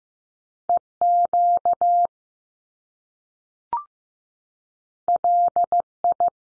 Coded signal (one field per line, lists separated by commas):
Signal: Morse code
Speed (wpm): 15 wpm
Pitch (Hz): 700 Hz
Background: none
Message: E QL I